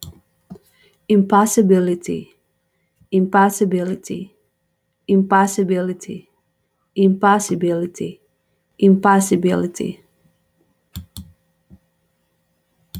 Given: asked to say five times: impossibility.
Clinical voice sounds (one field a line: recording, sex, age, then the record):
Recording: repeated word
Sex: female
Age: 40 to 49 years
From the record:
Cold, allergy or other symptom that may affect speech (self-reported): no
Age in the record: 45 years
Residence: North Dakota, United States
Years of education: 14